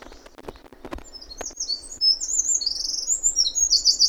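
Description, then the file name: Eurasian wren song, a fast high trilling burst entering after two seconds, preceded by a few soft clicks and knocks. "Troglodytes troglodytes"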